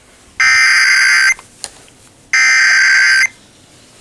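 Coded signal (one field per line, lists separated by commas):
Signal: Emergency Alert System (SAME) tones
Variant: header bursts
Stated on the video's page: Real civil emergency message cancelling an evacuation warning in San Luis Obispo County, received from several stations.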